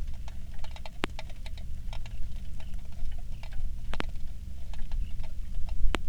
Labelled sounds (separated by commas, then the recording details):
songbird, rain
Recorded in the Prudhoe Bay oil fields, Alaska, on 27 July 2019 at 18:03
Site 19